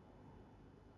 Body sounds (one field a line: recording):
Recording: background sound without coughing